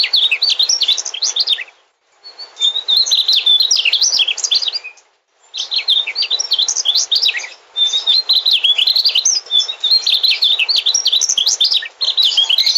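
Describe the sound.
Bird singing loud, scratchy warbling phrases of quick jumbled notes, broken by several short silences between bursts.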